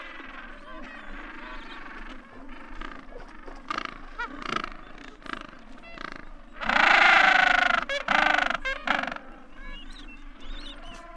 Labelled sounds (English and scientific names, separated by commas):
Gentoo Penguin (Pygoscelis papua) call